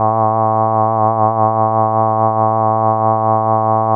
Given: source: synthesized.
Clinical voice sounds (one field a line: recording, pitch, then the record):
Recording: sustained vowel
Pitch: 110 Hz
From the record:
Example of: essential tremor, adjusted